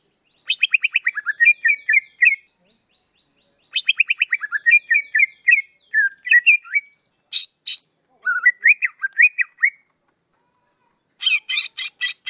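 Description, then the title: Leafbird song: rapid runs of descending whistled notes, then rising slurred whistles, scratchy high bursts, and a final buzzy rattle, with short pauses between phrases. "CUCAK IJO"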